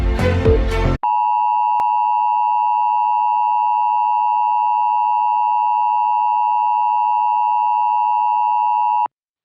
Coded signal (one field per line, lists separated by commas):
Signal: Emergency Alert System (SAME) tones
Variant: 853 and 960 Hz attention tone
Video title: Eas Scenario The Superior race Pt 3 The World Turned Upside Down